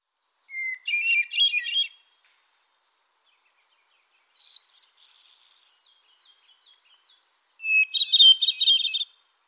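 Solitaire singing three separate phrases a few seconds apart. Each opens with a clear whistle and runs into a fast, tumbling, ringing warble.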